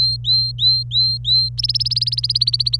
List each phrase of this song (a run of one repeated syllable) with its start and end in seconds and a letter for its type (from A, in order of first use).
0.01-1.49 A, 1.58-2.76 B